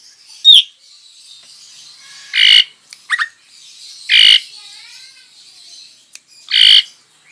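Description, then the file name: Javan pied starling giving a few harsh, raspy squawks, after one thin whistled note at the start. Lure song, known locally as pancingan. "suara pancingan jalak suren"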